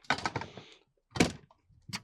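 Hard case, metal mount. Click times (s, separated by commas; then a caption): 1.2 s. A hard case is set back onto its quick-release pin mount on a roof rack, with a burst of knocks and scrapes in the first 0.8 seconds as it lines up. A sharp hit at 1.2 s is the mount locking into place, and the case is seated. A brief softer knock follows near the end.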